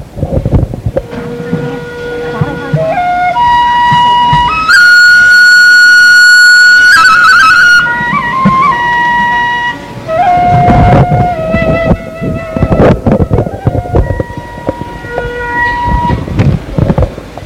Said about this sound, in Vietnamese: Và chúng tôi xin giới thiệu với tiếng sáo của nghệ sĩ Bảo Cường, cũng là nghệ sĩ của đài tiếng nói của thành phố chúng ta.